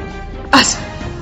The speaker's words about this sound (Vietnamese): Trong hoàng cung, Triệu Trinh đang phê tấu chương thì hắt xì một cái.